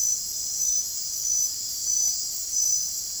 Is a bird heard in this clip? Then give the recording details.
no. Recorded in dense forest near Puerto Asís, Putumayo, Colombia, on 22 June 2025 at 22:30. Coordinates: 0.503, -76.323. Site G059